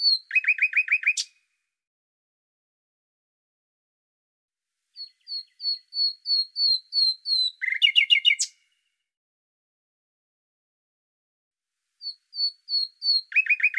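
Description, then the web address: Bird song: short rapid trills alternate with series of high, thin, repeated whistled notes, in three phrases separated by silent gaps. "Deverinetal 2025"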